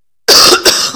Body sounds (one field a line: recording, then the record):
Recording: coughing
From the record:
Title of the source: November cold (wet coughing)